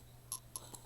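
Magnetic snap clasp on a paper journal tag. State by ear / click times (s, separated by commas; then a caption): seated / 0.3 s, 0.6 s. A magnetic snap clasp on a paper journal tag is closed on a second try. It clicks shut with sharp clicks at 0.3 s and 0.6 s, followed by a fainter tick at about 0.8 s, and the clasp is seated.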